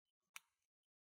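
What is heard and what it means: A Norwegian Rosenvinge padlock is picked under moderate tension, and faint light ticks come just before a single sharp click at 0.4 s. As the last pin sets, the shackle pops open from the lock body, and the click fades quickly before one more faint tick near 0.9 s. The padlock is opened.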